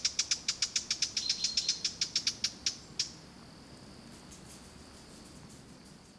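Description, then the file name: Eurasian blackcap sharp tacking clicks repeated rapidly for about three seconds, then stopping, leaving faint background hiss. "Sylvia atricapilla"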